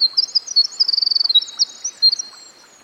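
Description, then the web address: Winter wren song fragment: bright, very high twittering notes running into a fast rattling trill, then a few sharp chips, with a faint hiss beneath. Recorded by a stream. "Dan Gibson Songbirds By The Stream. Winter Wren"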